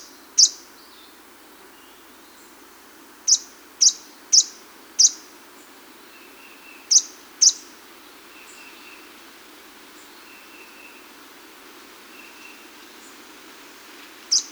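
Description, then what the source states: Violet-headed Hummingbird uttering high, sharp chip notes in irregular bursts, some clustered close together, separated by quiet gaps with faint soft whistles. South America.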